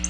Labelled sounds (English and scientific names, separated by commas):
Black-throated Blue Warbler (Setophaga caerulescens) flight call